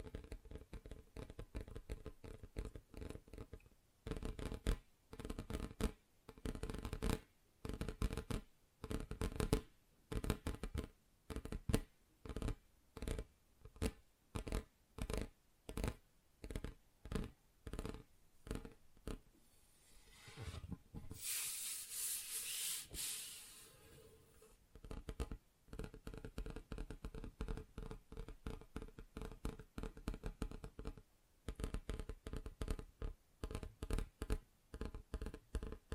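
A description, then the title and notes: Tapping on different surfaces, in quick bursts of sharp, dry taps that come in short flurries separated by brief pauses. The taps are dense and fairly even, with a lower, fuller thud on some surfaces. Around 21–24 seconds a bright, hissy rustle briefly takes over. ASMR Just Tapping (Different Surfaces No Talking).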